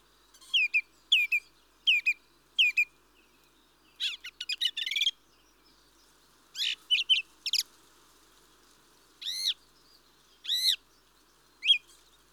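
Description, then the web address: Mistle thrush song: a few repeated downslurred whistles, then a rapid chattering phrase and further scattered fluty notes, spaced by pauses. "The BBC Sound Effects Library. Mistle Thrush (Turdus Viscivorus)"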